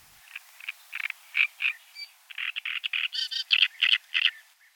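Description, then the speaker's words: Great reed warbler song, rasping croaking notes delivered in quick repeated groups, loud and harsh, with a few brief higher squeaky elements. Male's fanfare song, a fighting song directed at rival males; rather short and less variable but intense. "Konkurrierenden Männchen schmettert er eine Art Fanfarengesang"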